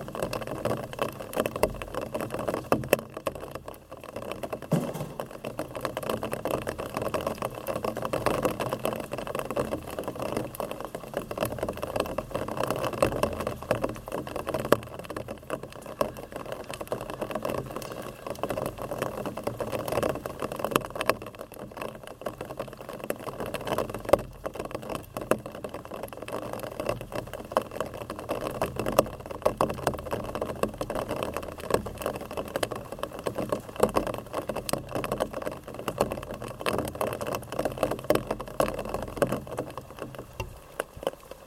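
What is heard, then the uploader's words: Rain falls on a metal drum in a dense, steady patter of countless small taps, a constant hollow drumming that never thins out. Louder individual drops stand out every few seconds, over a low humming rumble that runs underneath the whole time. Rain falling under a metal drum, recorded in Newcastle, England in 2015 by Tim Shaw.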